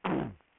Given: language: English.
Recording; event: throat vibration sensor signal played as sound; throat clearing